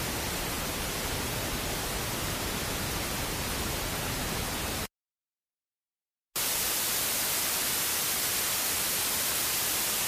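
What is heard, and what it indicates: Steady rushing static, a short silence, then brighter hissing: simulated static and hissing tinnitus sounds, played for comparison with one's own tinnitus. Hissing tinnitus is typically related to damage to the hearing organ, the cochlea.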